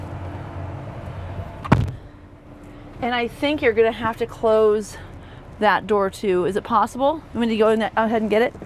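A van door on a 2025 Winnebago Solis 59PX with a roof top tent is reached over and pushed closed, and its latch catches into the door striker with a sharp impact at 1.7 s, so the door is seated shut. A low steady hum runs underneath before the slam, and after it someone talks.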